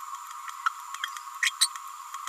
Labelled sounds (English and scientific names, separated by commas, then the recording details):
Green-rumped Parrotlet (Forpus passerinus) babbling
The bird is a female
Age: 29 days
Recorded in a nest box in Venezuela
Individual 17B31A3